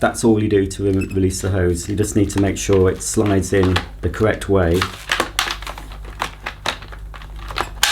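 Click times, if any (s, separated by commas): 7.8 s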